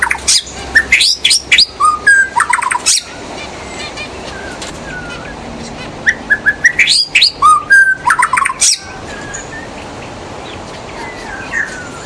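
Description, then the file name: White-rumped shama song, two bursts of quick varied whistles and chattered notes separated by a quieter passage, steady background hiss. In the forest. "murai batu di hutan"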